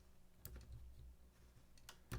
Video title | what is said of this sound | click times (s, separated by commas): Build With Baer Workshop 1/19/23 finished the Gundam Heavyarms Igel Unit MG | but this should just snap right in and it doesn't | none